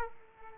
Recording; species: mosquito wingbeat signal from an infrared sensor; Aedes aegypti